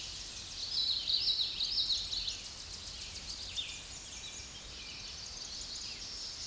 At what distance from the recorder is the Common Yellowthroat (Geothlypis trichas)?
about 25 m